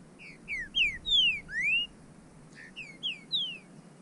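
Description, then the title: Bird whistling a phrase of clear slurred notes, falling then rising, followed after a pause by a second shorter phrase of falling whistles. "burung"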